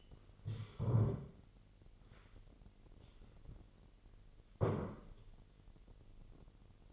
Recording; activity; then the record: daily activity, microphone in the room; stand up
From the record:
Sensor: 4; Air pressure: 999.4 hPa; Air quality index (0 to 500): 106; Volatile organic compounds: 2 ppm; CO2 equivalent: 1045 ppm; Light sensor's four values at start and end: 11/26/11/12 and 11/26/10/12